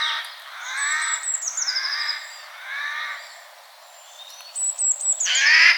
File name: Garrulus glandarius